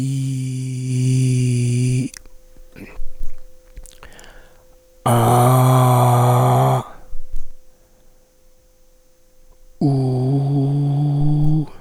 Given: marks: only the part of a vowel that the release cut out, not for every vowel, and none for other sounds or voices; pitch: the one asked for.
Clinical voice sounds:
sustained vowels; male; 50 to 59 years; 3; 3; 2
0.00-1.86 s: vowel /i/, normal pitch
5.48-6.71 s: vowel /a/, normal pitch
9.95-11.19 s: vowel /u/, normal pitch
From the record:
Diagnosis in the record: dysphonia, contact pachydermia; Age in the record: 53 years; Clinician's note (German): Multifaktoriell, ponogen

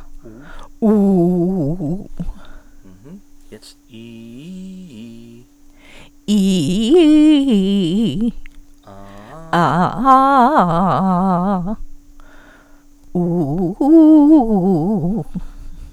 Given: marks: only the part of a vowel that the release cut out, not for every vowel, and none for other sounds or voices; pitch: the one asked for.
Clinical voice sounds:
sustained vowels; female; 60 to 69 years; 3; 1; 0
0.89-1.90 s: vowel /u/, low pitch
6.39-8.08 s: vowel /i/, low-high-low pitch
10.14-11.55 s: vowel /a/, low-high-low pitch
13.23-15.10 s: vowel /u/, low-high-low pitch
From the record:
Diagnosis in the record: bulbar palsy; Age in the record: 69 years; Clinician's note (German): Verdacht auf Bulbärparalyse

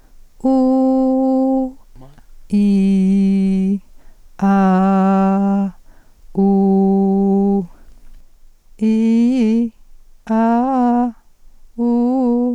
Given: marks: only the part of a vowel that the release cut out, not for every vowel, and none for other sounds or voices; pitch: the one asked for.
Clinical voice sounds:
sustained vowels; female; 40 to 49 years; 1; 0; 0
0.55-1.47 s: vowel /u/, high pitch
2.64-3.61 s: vowel /i/, low pitch
4.53-5.31 s: vowel /a/, low pitch
6.51-7.48 s: vowel /u/, low pitch
8.94-9.55 s: vowel /i/, low-high-low pitch
10.36-10.99 s: vowel /a/, low-high-low pitch
11.89-12.40 s: vowel /u/, low-high-low pitch
From the record:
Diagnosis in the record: hyperfunctional dysphonia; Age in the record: 42 years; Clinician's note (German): Leichte Form, Zustand nach Cystenabtragung

